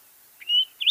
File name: Lark Sparrow - Chondestes grammacus